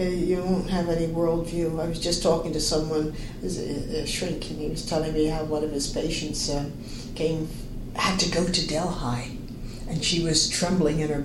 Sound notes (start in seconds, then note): none